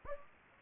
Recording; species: mosquito wingbeat signal from an infrared sensor; Anopheles gambiae